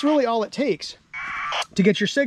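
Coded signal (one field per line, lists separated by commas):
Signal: packet radio (AX.25, as in APRS)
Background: speech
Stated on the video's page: APRS packets sent through the International Space Station digipeater.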